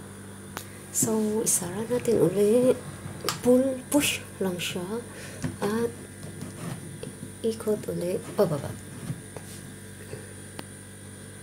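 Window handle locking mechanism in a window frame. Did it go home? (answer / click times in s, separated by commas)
yes / 10.6 s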